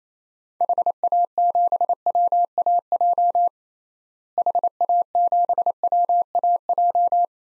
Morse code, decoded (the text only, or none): HA7WAJ HA7WAJ